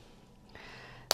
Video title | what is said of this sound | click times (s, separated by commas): Druzy Jewellery. Handmade Earrings. Jewellery Making. Cabochons. | there's so hear that click into place | 1.1 s